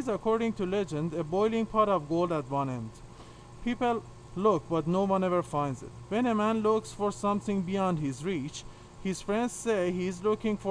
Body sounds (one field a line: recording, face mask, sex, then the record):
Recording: reading aloud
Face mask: surgical mask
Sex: male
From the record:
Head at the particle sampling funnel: tilted down, bridge of the nose in front of it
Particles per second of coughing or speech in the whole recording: 2.92